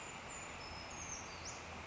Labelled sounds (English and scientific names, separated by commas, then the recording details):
Brown Creeper (Certhia americana)
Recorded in Sonoma County, California